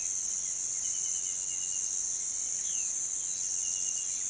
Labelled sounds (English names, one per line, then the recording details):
none
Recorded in pastures near Puerto Asís, Putumayo, Colombia, on 30 June 2025 at 06:00
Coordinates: 0.486, -76.323
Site H29